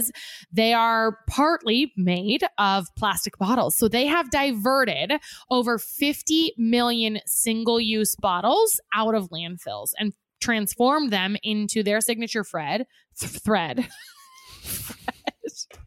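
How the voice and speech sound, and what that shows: A woman reads advertising copy in a clear, smooth, mid-pitched voice at an easy conversational pace, with natural pauses between phrases. Articulation and voice quality are ordinary, typical fluent adult speech. A second voice briefly echoes a word near the end.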